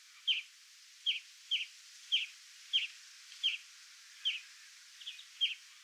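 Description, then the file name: European greenfinch uttering single sharp chirps spaced about every half to one second, over a faint steady hiss. "Chloris chloris"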